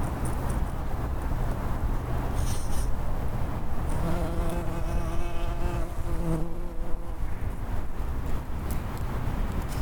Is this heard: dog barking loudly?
no